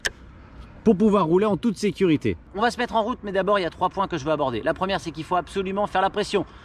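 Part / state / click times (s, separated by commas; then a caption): folding lever latch into scooter stem hinge / seated / 0.1 s. On a Xiaomi Pro 4 electric scooter, the folding lever is closed into the stem hinge after the stem is unfolded until it engages, and a sharp, loud metallic click sounds at 0.06 s as the latch snaps shut and seats. Someone then talks for the rest of the clip.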